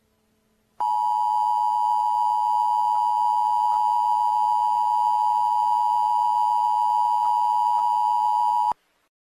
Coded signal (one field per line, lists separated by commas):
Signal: Emergency Alert System (SAME) tones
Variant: 853 and 960 Hz attention tone